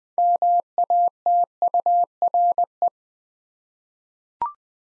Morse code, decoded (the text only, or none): MATURE